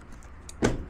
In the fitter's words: You're gonna hear the little clicking noises to let you know it's locking in place.